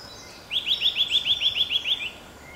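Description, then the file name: Eurasian nuthatch calls: a quick, even series of about eleven loud, piping whistled notes, each sliding up then down, delivered roughly seven per second. "Sitta europaea"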